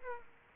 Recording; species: mosquito wingbeat signal from an infrared sensor; Aedes aegypti